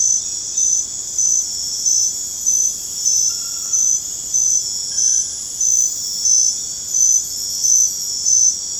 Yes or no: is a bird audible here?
no